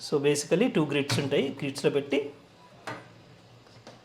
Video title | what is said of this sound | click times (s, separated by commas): 4 Lakh Rupees Domestic Coffee Setup - Liqour Based Coffee | lock అయిపోయింది. | 2.9 s, 3.9 s